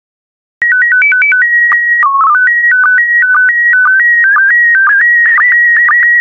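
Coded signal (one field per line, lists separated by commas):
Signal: SSTV (slow-scan television)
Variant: PD 120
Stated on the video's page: Computer-generated PD120-mode SSTV images.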